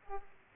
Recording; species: mosquito wingbeat signal from an infrared sensor; Aedes aegypti